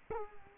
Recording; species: mosquito wingbeat signal from an infrared sensor; Culex quinquefasciatus